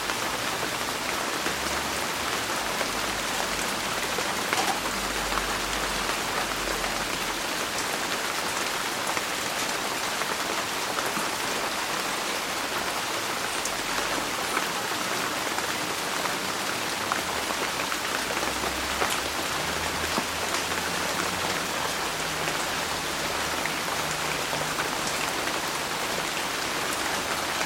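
Steady, dense rain patters on a rooftop, a constant hiss with countless drops and the odd sharper tap. Beneath it, a low city hum comes and goes, swelling around the start and again after twenty seconds, faint and distant.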